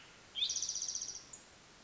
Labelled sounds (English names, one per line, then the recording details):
Spotted Towhee
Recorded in Sonoma County, California